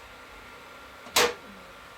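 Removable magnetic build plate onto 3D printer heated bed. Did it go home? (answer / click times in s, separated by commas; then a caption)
yes / 1.2 s. A flexible, removable magnetic build plate is laid back down onto the heated bed of a Creality Ender 3 V2 Neo 3D printer. It snaps into place magnetically with a sharp, broadband snap at 1.2 s against a low, steady background hum. The plate is seated.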